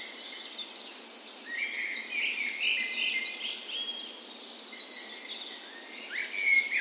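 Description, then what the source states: Birds singing together at dawn, a steady wash of high twitters and trills with a sharper chirped phrase near the end. Spring dawn chorus in a park west in Bergen, Norway, morning of 17 May, Norway's National Day; Sony PCM A10 recorder with LOM micro Usi mics as tree ears.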